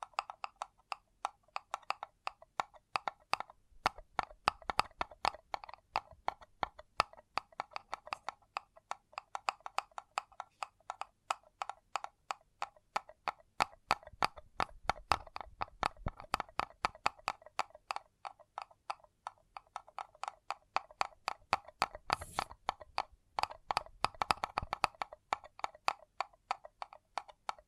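Paper cup tingles: a steady stream of quick, crisp taps and scratches on a paper cup, many per second, with a papery midrange ring. The pace stays busy throughout, with brighter, rougher crinkles around 22 and 24 seconds.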